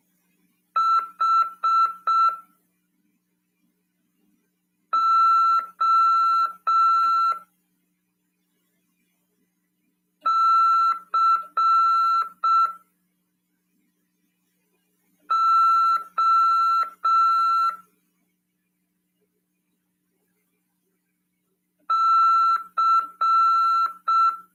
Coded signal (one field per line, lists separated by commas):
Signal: Morse code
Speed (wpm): 6 wpm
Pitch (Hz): 1340 Hz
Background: none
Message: H O C O C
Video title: RADIOAMADOR 24/9/2022 "AULA 9: CW, C. RODADA e LEGISLAÇÃO" PY2EXU PAULO SP/SP 22 ANOS de RAF/CRASP.